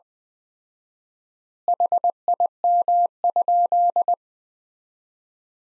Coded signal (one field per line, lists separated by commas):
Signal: Morse code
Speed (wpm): 20 wpm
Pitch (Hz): 700 Hz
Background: none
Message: HIM?